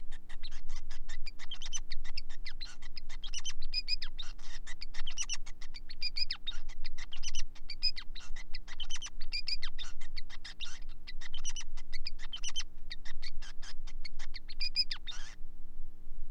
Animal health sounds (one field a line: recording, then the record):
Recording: song of a male Bengalese finch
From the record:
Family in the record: son of father 5